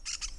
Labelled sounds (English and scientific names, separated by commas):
Brown-throated Parakeet (Eupsittula pertinax) contact call